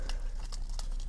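Someone handles the press-stud snap on the retention strap of a molded plastic SOG Growl knife sheath, which also has velcro. Short, bright ticks and light crinkly rustles sound at about 0.1, 0.5, 0.8 and 1.0 s over a low steady background. The snap has not closed yet.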